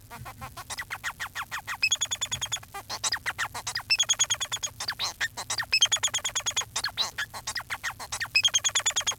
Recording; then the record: song of a male Bengalese finch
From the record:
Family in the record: son of father 4